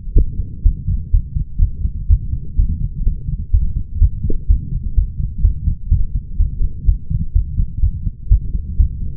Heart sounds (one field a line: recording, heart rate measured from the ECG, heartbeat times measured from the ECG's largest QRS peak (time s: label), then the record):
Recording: heart sounds by stethoscope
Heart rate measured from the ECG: 125 bpm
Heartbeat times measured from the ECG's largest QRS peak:
0.15 s: heartbeat
0.64 s: heartbeat
1.12 s: heartbeat
1.60 s: heartbeat
2.08 s: heartbeat
2.57 s: heartbeat
3.05 s: heartbeat
3.52 s: heartbeat
4.00 s: heartbeat
4.48 s: heartbeat
4.96 s: heartbeat
5.43 s: heartbeat
5.90 s: heartbeat
6.38 s: heartbeat
6.86 s: heartbeat
7.34 s: heartbeat
7.81 s: heartbeat
8.30 s: heartbeat
8.78 s: heartbeat
From the record:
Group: healthy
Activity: light exercise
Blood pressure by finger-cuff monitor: 150/77 mmHg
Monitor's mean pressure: 97 mmHg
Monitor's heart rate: 125 bpm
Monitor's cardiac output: 9.2 L/min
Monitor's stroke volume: 74 mL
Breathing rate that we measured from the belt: 29 breaths a minute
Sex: male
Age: 22 years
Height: 181 cm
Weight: 60 kg